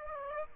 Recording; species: mosquito wingbeat signal from an infrared sensor; Aedes aegypti